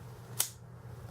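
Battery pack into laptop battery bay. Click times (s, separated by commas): 0.4 s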